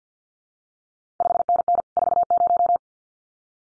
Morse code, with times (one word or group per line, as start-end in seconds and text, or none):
1.2-1.8 5NN
2.0-2.8 40